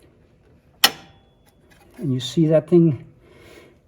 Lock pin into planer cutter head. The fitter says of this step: release it and i will now rotate the fan until you hear a click